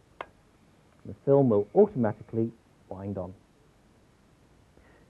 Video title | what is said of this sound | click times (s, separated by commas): Samsung Taking Better Pictures - 1995 - VHS - Retro Guidance Tape - Croft Television and Graphics | now close the back of the camera until you hear it click | 0.2 s